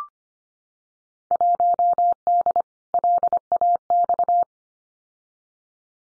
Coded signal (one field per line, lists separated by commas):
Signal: Morse code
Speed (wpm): 25 wpm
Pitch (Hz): 700 Hz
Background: none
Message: 1D LAX